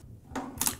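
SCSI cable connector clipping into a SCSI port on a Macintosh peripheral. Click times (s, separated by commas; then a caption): 0.6 s, 0.7 s. An old SCSI cable connector is pushed into the SCSI port on a Macintosh peripheral, and its wire latch clips are snapped closed instead of being screwed in. A soft broadband contact at 0.4 s is followed by two sharp, bright clicks at 0.6 s and 0.7 s as the latches clip in, seating the cable.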